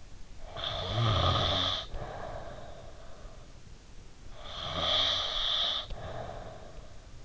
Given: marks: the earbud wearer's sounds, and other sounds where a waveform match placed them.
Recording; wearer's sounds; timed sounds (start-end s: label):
sounds in sleep by an in-ear microphone; snoring breath
0.41-3.60 s: snoring breath
4.25-7.24 s: snoring breath